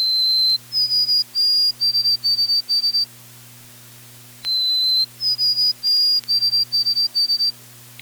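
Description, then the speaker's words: White-throated sparrow song: a long pure whistle followed by a series of short, slightly higher whistled notes. The phrase is given twice, with a steady low hum beneath. Northland birds sing in the rhythm 'Old Sam Peabody, Peabody, Peabody'; birds north of the border sing 'Oh Sweet Canada, Canada, Canada, Canada'; wintering birds normally don't sing. "White-throats north of the border change their tune to Oh Sweet Canada, Canada, Canada, Canada."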